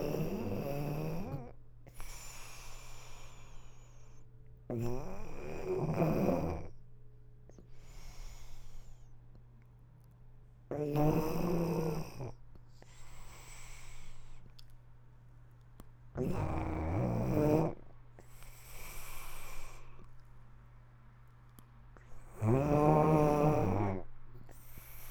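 Snoring from an adult sleeper: loud, low-pitched rattling snores recur about every five to six seconds, with quieter breathing sounds in between.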